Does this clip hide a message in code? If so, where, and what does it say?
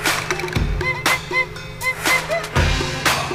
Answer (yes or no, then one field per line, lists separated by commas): no